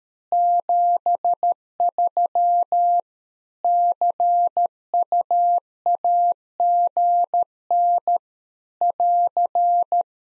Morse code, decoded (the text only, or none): 73 CU AGN <AR>